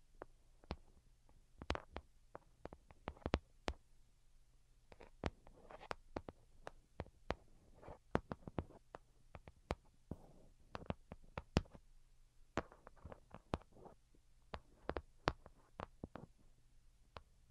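Delicate tapping comes in quick, irregular bursts, each tap a sharp, crisp click, sometimes single and sometimes in rapid clusters. The taps continue throughout with brief pauses between groups. Beneath them sits a faint, steady low hum.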